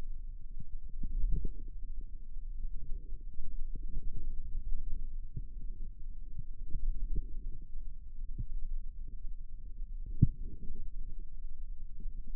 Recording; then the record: forearm muscle sounds (acoustic myography)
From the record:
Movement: radial deviation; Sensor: system 2, bracelet of six BSWA MPA416 microphones around the upper forearm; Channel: 4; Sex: female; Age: 23 years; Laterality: right